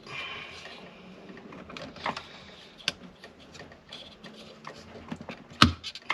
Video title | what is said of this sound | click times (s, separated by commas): E39 M5 Fuel Sending Unit DIY | There, you heard the snap, it's in there. | 5.6 s